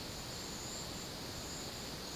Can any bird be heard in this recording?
no